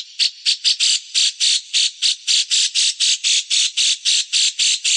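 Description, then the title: Grey-cheeked bulbul with a grating, buzzy chatter: a few irregular notes at the start, then a steady run of harsh rasps about four per second. "cucak jenggot"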